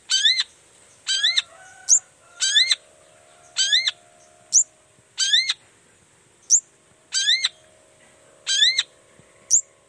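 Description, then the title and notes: Long-tailed shrike calls: harsh nasal squawks with a rising inflection, mostly in close pairs, with short thin high notes between some of them. Morning; energetic, full-voiced singing with variations including a "toet toet" sound; used to provoke other shrikes to respond. "Cendet Gacor Dor Di Kala Pagi Toet Toet Variasi Suara. Cendet Gacor Pagi Hari. Burung cendet"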